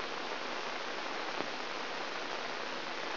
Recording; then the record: brain microelectrode recording played as sound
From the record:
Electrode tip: inside the subthalamic nucleus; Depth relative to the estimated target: -4 mm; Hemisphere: left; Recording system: AlphaMap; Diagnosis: Parkinson's disease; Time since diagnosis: 10 years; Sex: male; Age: 47 years